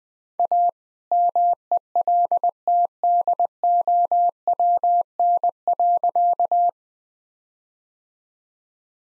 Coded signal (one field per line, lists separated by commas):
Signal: Morse code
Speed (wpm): 20 wpm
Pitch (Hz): 700 Hz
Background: none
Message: A MELTDOWN.